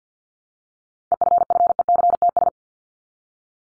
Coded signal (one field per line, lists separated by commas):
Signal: Morse code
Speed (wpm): 50 wpm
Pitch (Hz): 700 Hz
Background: none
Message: EFFECTS